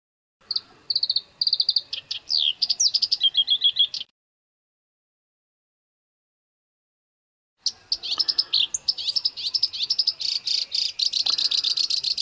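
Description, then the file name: Black-browed reed warbler song in two bursts separated by a few seconds of silence, each a quick run of whistled and churring notes, the second ending in a buzzy trill. Masteran song used for training songbirds. "suara kerakbasi alis hitam masteran"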